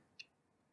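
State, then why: Seated. A tool presses a plastic battery cover over the two coin-cell batteries in a wireless keypad until it locks into place. A single short tick sounds at 0.2 s, and the cover is seated.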